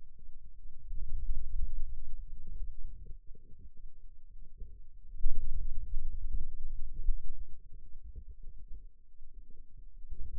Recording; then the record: forearm muscle sounds (acoustic myography)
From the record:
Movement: finger pinch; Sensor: system 2, bracelet of six BSWA MPA416 microphones around the upper forearm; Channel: 2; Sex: male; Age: 22 years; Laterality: right